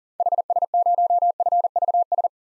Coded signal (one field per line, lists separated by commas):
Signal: Morse code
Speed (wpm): 40 wpm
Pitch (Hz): 700 Hz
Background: none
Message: HS0FVS